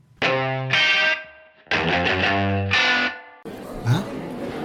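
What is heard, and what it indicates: Warbling, electronically distorted voiced sounds, a simulation of how speech sounds to people with hearing loss, who find it hard to follow conversations in noisy places.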